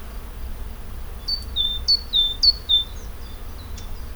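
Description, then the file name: Great tit singing a short burst of three quick two-note phrases, high then lower, each roughly half a second apart, over a steady low hum. "Parus major"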